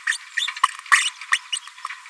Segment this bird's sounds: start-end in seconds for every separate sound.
0.07-0.17, 0.37-0.47, 0.92-1.09, 1.31-1.38, 1.52-1.56